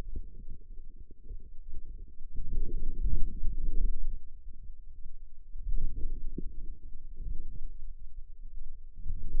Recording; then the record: forearm muscle sounds (acoustic myography)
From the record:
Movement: outward rotation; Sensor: system 2, bracelet of six BSWA MPA416 microphones around the upper forearm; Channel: 6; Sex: female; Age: 21 years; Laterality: right